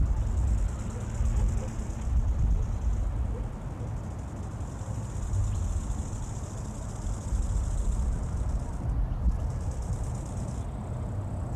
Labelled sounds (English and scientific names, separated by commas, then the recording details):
Bow-winged Grasshopper (Chorthippus biguttulus) stridulation
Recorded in the wild
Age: imago
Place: Strausberg, Annatal, Brandenburg, DE
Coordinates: 52.5533, 13.8808
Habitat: meadow
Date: 1989-08-12 18:00
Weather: bedeckt; 26 °C
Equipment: Riporter 6 RG-K, Sennheiser MKH 416 T, Kopie Uher Report Stereo IC
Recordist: Frommolt, Karl-Heinz